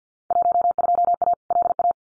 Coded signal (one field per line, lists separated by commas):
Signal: Morse code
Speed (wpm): 50 wpm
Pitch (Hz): 700 Hz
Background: none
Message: 12A LA